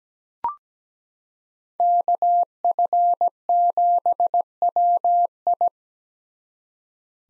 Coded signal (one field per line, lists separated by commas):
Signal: Morse code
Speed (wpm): 17 wpm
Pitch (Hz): 700 Hz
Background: none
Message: KF7WI